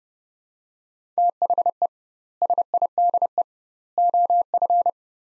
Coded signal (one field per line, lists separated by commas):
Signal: Morse code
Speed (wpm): 31 wpm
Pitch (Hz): 700 Hz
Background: none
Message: THE SIDE OF